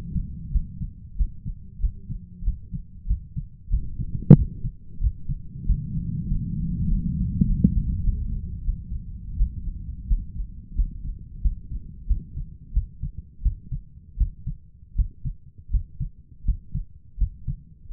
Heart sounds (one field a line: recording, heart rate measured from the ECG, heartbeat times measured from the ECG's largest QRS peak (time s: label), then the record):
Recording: heart sounds by stethoscope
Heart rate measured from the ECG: 90 bpm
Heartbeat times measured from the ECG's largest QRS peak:
0.51 s: heartbeat
1.16 s: heartbeat
1.80 s: heartbeat
2.44 s: heartbeat
3.07 s: heartbeat
3.70 s: heartbeat
4.35 s: heartbeat
5.00 s: heartbeat
5.66 s: heartbeat
6.28 s: heartbeat
6.88 s: heartbeat
7.46 s: heartbeat
8.03 s: heartbeat
8.64 s: heartbeat
9.36 s: heartbeat
10.07 s: heartbeat
10.75 s: heartbeat
11.42 s: heartbeat
12.07 s: heartbeat
12.73 s: heartbeat
13.42 s: heartbeat
14.17 s: heartbeat
14.95 s: heartbeat
15.70 s: heartbeat
16.45 s: heartbeat
17.18 s: heartbeat
17.90 s: heartbeat
From the record:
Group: healthy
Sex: male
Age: 23 years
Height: 179 cm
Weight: 87 kg